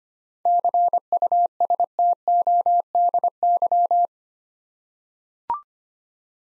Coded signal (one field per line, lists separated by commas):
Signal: Morse code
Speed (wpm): 25 wpm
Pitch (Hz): 700 Hz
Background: none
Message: CUSTODY